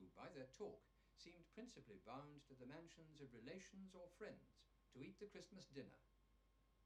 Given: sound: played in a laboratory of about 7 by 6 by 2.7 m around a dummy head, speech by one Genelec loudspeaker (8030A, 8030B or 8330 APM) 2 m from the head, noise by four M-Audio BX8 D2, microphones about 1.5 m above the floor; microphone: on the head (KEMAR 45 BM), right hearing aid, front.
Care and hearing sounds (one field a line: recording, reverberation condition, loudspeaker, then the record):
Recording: male speech in English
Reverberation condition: low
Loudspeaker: in front (0 degrees)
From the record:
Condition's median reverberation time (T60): about 310 ms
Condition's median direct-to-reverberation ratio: about 3.5 dB